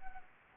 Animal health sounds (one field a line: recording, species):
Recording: mosquito wingbeat signal from an infrared sensor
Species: Anopheles arabiensis